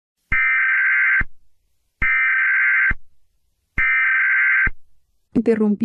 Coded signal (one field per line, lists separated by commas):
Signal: Emergency Alert System (SAME) tones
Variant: header bursts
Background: speech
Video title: EAS Alarms in different Countries (Part 1 + 2 + 3)